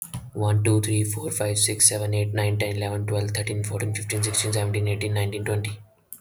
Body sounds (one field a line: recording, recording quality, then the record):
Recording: counting at a fast pace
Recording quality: moderate, slight background noise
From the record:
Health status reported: healthy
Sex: male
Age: 21 years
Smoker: no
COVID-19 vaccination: both doses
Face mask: not worn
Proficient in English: yes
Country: India